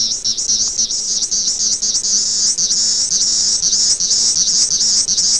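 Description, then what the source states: Periodical cicada droning in a steady high-pitched buzz with slight wavering pulses, dense and unbroken throughout. Recorded in Michigan.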